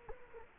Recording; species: mosquito wingbeat signal from an infrared sensor; Culex quinquefasciatus